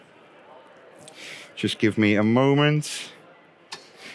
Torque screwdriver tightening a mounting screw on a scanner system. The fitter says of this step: we hear this click as you can imagine everything has been thought about